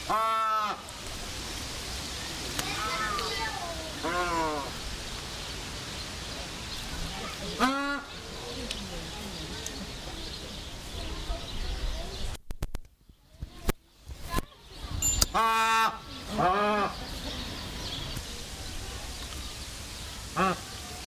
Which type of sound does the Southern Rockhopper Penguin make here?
call